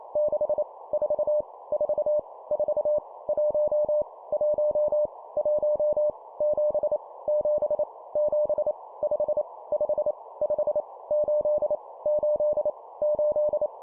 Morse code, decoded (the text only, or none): 6 4 4 4 1 1 1 7 7 7 5 5 5 8 8 8